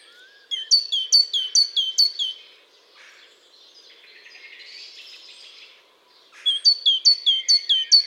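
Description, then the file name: Great tit: a quick series of bright, high, ringing notes with a metallic edge, broken by a soft hissing buzz, then another fast series of similar notes. "Parus major"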